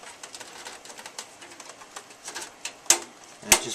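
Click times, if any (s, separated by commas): 2.9 s, 3.5 s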